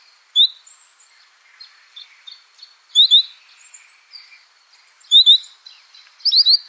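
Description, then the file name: Canary song of brief rapid trilled phrases every couple of seconds over soft, twittering background notes, ending with a quick run of sharp, rising notes. "Canary Voice"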